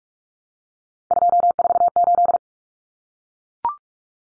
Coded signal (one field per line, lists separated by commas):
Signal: Morse code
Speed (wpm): 44 wpm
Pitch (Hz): 700 Hz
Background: none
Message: 248